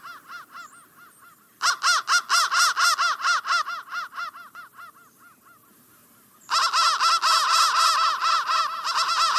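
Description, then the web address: Crow caws start faint, jump into a loud rapid series, trail off to quiet, then return as a dense overlapping chorus. "soundfactory crow 1 crow 1 crow 1 bendthreads"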